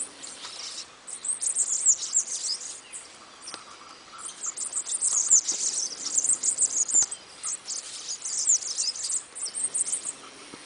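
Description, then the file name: Bananaquit song: very high, thin, buzzy sputtering trills in rapid bursts, pausing briefly before resuming, over a faint background hiss. "canto do sibite"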